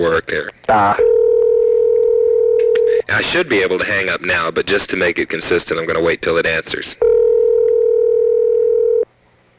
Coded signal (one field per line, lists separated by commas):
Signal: telephone call progress tone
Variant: North America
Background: speech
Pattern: ringback tone